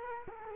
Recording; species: mosquito wingbeat signal from an infrared sensor; Culex quinquefasciatus